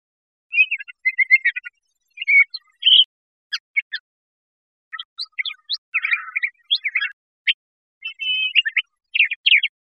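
Crissal thrasher song: lengthy run of varied phrases mixing clear whistles, sharp notes and scratchy chatter, with pauses between bursts.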